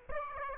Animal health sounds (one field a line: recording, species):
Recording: mosquito wingbeat signal from an infrared sensor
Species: Aedes aegypti